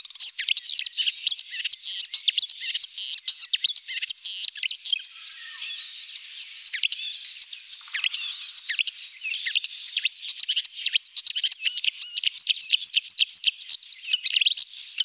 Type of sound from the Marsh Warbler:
song